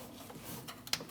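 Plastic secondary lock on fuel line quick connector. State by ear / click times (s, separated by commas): seated / 0.9 s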